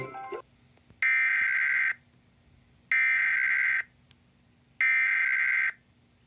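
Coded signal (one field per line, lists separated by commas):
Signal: Emergency Alert System (SAME) tones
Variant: header bursts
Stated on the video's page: Tornado Warning carried on Comcast cable.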